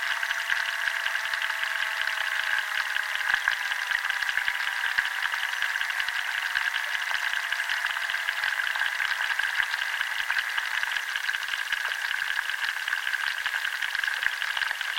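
Underwater life in a chalk river makes a dense, steady crackle of tiny rapid clicks and ticks that never lets up across the whole stretch. Thin whistling tones sit beneath it, slowly sliding lower during the first half, with no low rumble at all.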